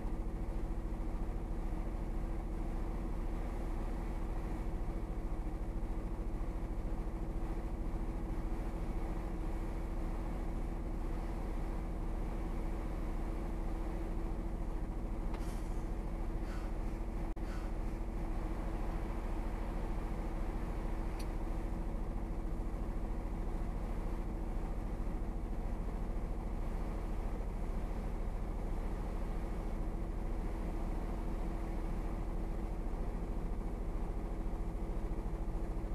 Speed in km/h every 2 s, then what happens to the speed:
0, 0, 0, 0, 0, 0, 0, 0, 0, 0, 0, 0, 0, 0, 0, 0, 0, 0.
0-36 standing.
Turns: none.